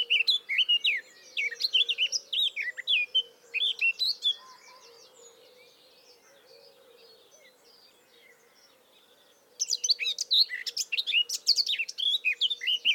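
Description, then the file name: Eurasian blackcap: a rapid warbled phrase, then about five quiet seconds, then another lively burst of varied warbling. "Sylvia atricapilla"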